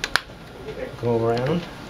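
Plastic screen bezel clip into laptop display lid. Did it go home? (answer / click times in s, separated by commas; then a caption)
no / none. The plastic front bezel of a Lenovo IdeaPad U450p laptop screen is being worked back onto the display lid around the edge, gently so as not to crack the screen. Two short, sharp ticks of handling come right at the start, followed by someone talking. Nothing has seated or clicked into place yet.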